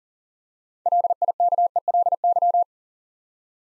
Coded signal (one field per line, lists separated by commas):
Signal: Morse code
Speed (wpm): 39 wpm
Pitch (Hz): 700 Hz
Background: none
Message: LIKELY